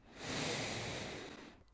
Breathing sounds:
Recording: one breath near a microphone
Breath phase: inhalation

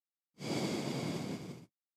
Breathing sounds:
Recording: one breath near a microphone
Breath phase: exhalation

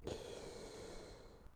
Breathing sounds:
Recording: one breath near a microphone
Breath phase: inhalation

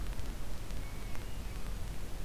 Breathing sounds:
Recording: one breath near a microphone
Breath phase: inhalation

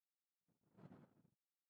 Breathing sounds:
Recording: one breath near a microphone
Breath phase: exhalation

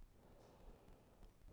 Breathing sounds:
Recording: one breath near a microphone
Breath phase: inhalation

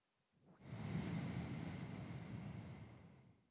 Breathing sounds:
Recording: one breath near a microphone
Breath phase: exhalation

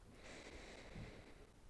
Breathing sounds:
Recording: one breath near a microphone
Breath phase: inhalation

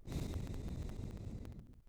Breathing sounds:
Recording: one breath near a microphone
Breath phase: exhalation

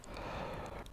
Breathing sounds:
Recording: one breath near a microphone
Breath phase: inhalation

